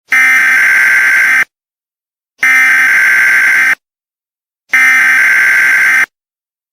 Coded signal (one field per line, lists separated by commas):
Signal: Emergency Alert System (SAME) tones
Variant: header bursts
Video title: EAS: PIA